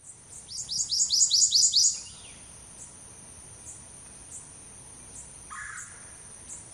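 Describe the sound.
Warbler song: a quick run of several sharp, high, down-slurred notes that swell in loudness, over steady rhythmic high insect ticking.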